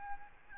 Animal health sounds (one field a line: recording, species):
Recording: mosquito wingbeat signal from an infrared sensor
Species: Aedes albopictus